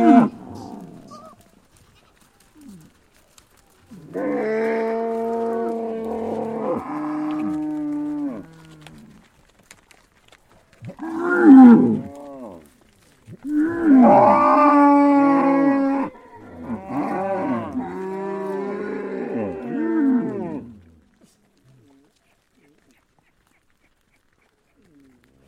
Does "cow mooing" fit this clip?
yes